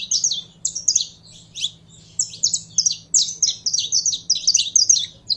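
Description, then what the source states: Canary singing a fast, continuous string of high sweeping notes and trills with brief gaps, a low steady hum beneath. Song of a purebred Belgian canary.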